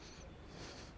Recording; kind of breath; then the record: one breath in and out by a microphone near the nose and mouth; strong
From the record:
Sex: male